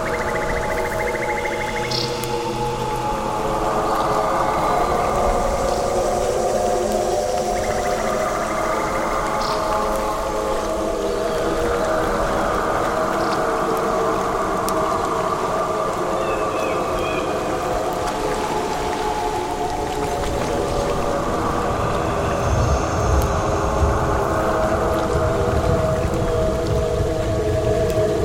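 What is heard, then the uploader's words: Jungle ambience with a thick, unbroken chorus of droning, whining calls, layered like insects or frogs, holding a steady level throughout. Short bright chirps and whistles cut in every few seconds, and a low rumble swells toward the end. Immersive Jungle Ambience: Exploring the Enchanting Sounds of the Wild.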